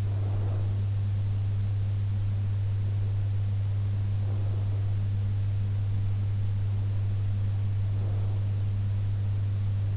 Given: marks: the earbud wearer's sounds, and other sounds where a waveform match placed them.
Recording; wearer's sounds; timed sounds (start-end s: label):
sounds in sleep by an in-ear microphone; breath
0.00-0.92 s: breath
4.14-5.08 s: breath
7.83-8.59 s: breath